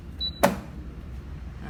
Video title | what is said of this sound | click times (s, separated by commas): Yuk kita review dulu Gaabor Air fryer (tahap belajar barang kekinian) | bunyi klek gitu ya guys. | 0.4 s